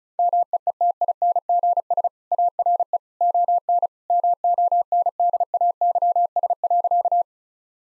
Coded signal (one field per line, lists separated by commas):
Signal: Morse code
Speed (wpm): 36 wpm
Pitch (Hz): 700 Hz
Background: none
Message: MEETINGS ARE ON MONDAYS.